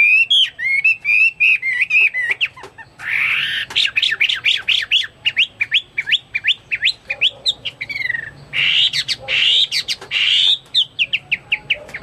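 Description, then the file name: Chinese hwamei song: loud whistled notes repeated rapidly in runs, shifting into varied slurred phrases, with pauses between bursts. "omkicau hwamei"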